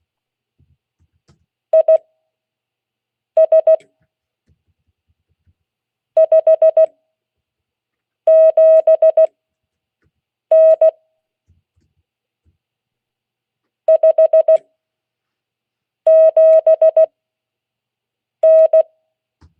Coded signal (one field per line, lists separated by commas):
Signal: Morse code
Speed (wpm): 16 wpm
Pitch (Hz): 640 Hz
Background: none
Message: IS 57N 57N